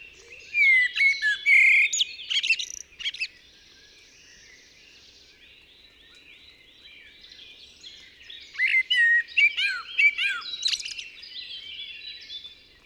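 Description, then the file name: Common blackbird song: two warbled whistling phrases with sharp high flourishes, a long stretch of faint background twittering between them. "Turdus merula"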